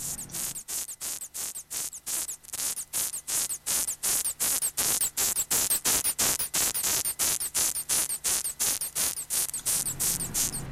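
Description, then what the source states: Death's-head hawkmoth squeaks, a rapid train of sharp, high squeaks repeated about three times a second, steady throughout. Squeak made when the moth is grabbed and protests; an exception among otherwise mute moths.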